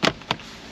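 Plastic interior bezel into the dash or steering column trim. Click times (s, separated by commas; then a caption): 0.1 s, 0.3 s. A plastic steering column or dash trim bezel on a Hyundai Elantra 1.8 is pressed back onto the car's interior during reassembly after an airbag repair. Two sharp, bright snaps land at about 0.1 s and 0.3 s, followed by a faint quieter tap near 0.7 s. The bezel snaps into place and is seated.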